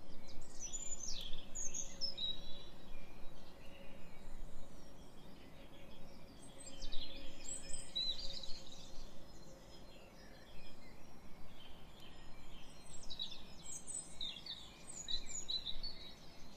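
Birds call sparingly at dawn, a few thin, high chirps and short twitters scattered across the recording. Beneath them runs a steady low outdoor rumble with a faint constant hum, so the birdsong stays subdued rather than a full chorus.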